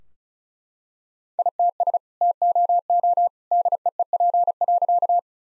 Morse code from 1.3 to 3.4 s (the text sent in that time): ITS TOO